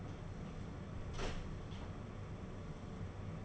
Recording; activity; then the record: daily activity, microphone in the room; close door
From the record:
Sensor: 4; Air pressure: 1016.1 hPa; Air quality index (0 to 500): 205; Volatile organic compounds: 12 ppm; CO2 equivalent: 2340 ppm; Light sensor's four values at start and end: 9/20/8/7 and 9/20/8/7